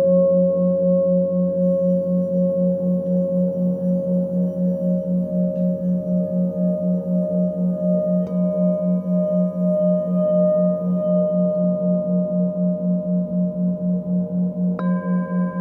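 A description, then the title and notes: Sustained singing bowl tones hum with a steady, rapid pulsing throb, while higher ringing tones shift around eight seconds and again near fifteen. F# Heart Chakra Singing Bowls with 4 hz binaural beat.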